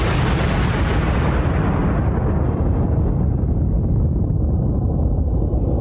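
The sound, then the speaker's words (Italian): A bomb explosion in the afternoon at Piazza Fontana in Milan erupts into a loud, sustained roar of rumbling noise, its crackling hiss slowly fading over several seconds while the deep low rumble carries on. No voices are heard. “Ci sono state esplosioni nel pomeriggio a Milano e a Roma.”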